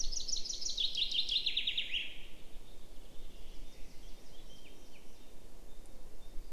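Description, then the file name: Common chaffinch delivering a rattling series of notes that steps down in pitch over about two seconds, then softer high calls against a low, steady noise. "Fringilla coelebs"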